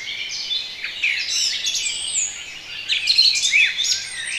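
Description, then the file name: Birds singing in a dense chorus of overlapping high chirps and short trills, with a few brighter whistled notes standing out near the end. Relaxation recording of bird sounds. "relaksacja odglosy ptakow"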